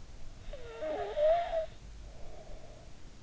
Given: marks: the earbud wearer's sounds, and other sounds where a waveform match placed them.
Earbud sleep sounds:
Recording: sounds in sleep by an in-ear microphone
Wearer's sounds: snoring breath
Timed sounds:
0.15-3.12 s: snoring breath

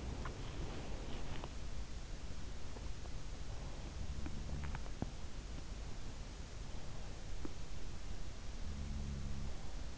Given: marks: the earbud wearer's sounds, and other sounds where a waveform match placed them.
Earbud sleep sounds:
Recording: sounds in sleep by an in-ear microphone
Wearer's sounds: body movement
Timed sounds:
0.00-1.75 s: body movement
3.77-4.87 s: sound from someone else or the room
8.57-9.54 s: sound from someone else or the room

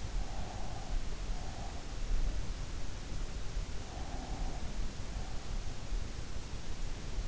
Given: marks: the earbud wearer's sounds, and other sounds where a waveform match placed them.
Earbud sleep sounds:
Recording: sounds in sleep by an in-ear microphone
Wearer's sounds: breath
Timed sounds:
0.00-2.00 s: breath
3.62-5.82 s: breath

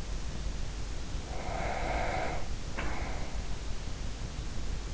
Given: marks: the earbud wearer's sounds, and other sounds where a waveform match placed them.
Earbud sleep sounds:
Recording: sounds in sleep by an in-ear microphone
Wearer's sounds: breath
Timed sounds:
0.90-3.98 s: breath

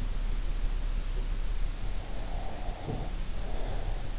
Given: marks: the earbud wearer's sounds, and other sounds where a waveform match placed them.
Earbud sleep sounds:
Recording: sounds in sleep by an in-ear microphone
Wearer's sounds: breath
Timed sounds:
2.29-4.08 s: breath

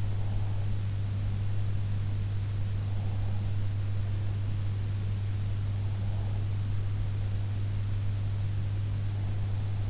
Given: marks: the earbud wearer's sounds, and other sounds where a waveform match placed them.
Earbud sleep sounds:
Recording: sounds in sleep by an in-ear microphone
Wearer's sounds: breath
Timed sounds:
0.00-0.86 s: breath

